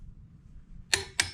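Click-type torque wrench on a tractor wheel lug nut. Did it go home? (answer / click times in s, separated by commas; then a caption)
yes / 0.9 s, 1.2 s. A click-type torque wrench re-torques a rear wheel lug nut on a compact tractor and reaches its setting. Two sharp metallic clicks are heard at 0.9 s and 1.2 s over a low background rumble.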